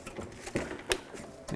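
A plastic headlight surround trim piece on a 2001-2007 Volvo V70 is lined up with the retaining tabs around the headlight opening on the car body and pressed in. A sharp click at 0.9 s is the trim snapping into its tabs, and it sits seated and secure. Softer taps come before and after it.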